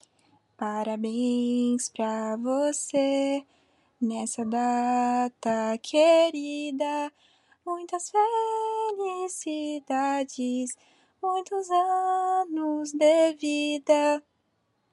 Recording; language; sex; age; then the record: short text; Brazilian Portuguese; female; 20 to 29 years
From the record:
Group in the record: control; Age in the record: 24 years